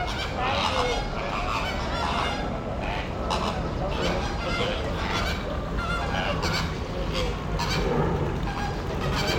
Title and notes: 20 12 26 Flamingos in Kowloon Park